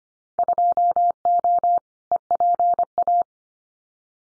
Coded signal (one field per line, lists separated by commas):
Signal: Morse code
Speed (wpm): 25 wpm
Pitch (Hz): 700 Hz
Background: none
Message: 2O EPA